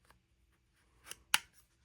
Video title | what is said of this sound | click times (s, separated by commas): Smallrig X Brandon Li Mobile Video Kit | and that's going to lock into place. | 1.3 s